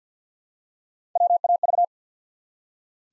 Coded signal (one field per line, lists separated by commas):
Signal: Morse code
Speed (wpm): 48 wpm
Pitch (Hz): 700 Hz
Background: none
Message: WAV